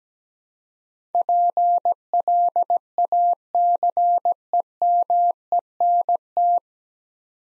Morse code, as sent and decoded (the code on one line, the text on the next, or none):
.--. .-.. .- -.-. . -- . -. -
PLACEMENT